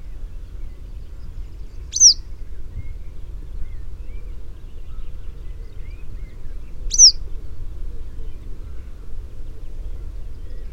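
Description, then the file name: Yellow wagtail calls, two sharp, high, slurred notes about five seconds apart, over a steady low rumble. British subspecies. "Engelse Gele Kwikstaart"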